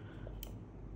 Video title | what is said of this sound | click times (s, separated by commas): Camera ezviz C6N 1080P , Camera wifi Ezviz quay 360, Đàm thoại 2 chiều theo dõi chuyển động mới nhất | các bạn gắn vào kêu tạch một cái như này đó | 0.4 s